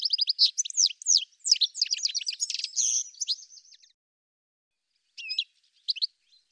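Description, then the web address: Bird singing a fast, tumbling warble of high chirps and trills for about four seconds, followed by a few scattered notes. "cianscape birddata"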